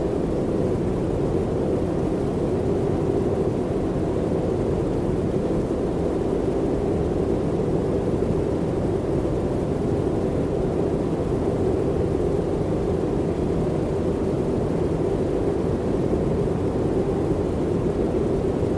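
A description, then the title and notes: Organic white noise: a steady, dense, deep rumble like an engine drone, unchanging throughout with muted highs and no distinct events. Organic White Noise.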